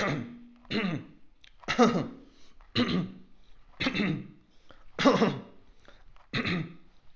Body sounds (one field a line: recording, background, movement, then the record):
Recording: throat clearing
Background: quiet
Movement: walking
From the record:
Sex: male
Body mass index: 22.0 kg/m2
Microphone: on the chest, facing outward